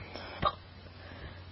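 A single abrupt, sharp hiccup from an adult, a brief involuntary gulp against faint background hiss.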